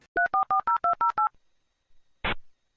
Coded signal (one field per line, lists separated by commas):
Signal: DTMF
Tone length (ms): 120 ms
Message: 3440208